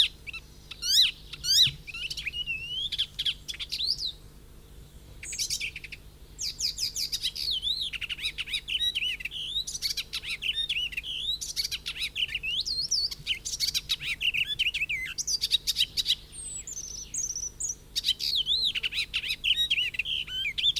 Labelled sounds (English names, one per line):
Icterine Warbler song